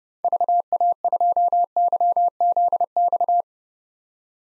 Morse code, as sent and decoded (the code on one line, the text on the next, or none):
...- .- ..--- -.-- --.. -..-
VA2YZX